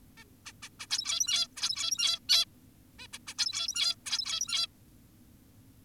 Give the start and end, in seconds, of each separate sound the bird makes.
0.18-0.24, 0.46-0.52, 0.63-0.69, 0.80-0.87, 0.90-1.48, 1.57-2.20, 2.29-2.45, 2.99-3.07, 3.13-3.18, 3.27-3.34, 3.38-3.96, 4.06-4.67